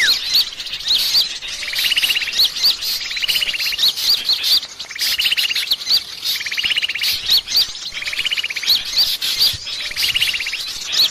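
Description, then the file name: Bird calls in a continuous tangle: quick upslurred chirps and regular buzzy trills recurring about every two seconds over a constant hissing background. Lure recording, 'pikat 1000 burung', a lure presented as the calls of a thousand birds. "pikat 1000 burung"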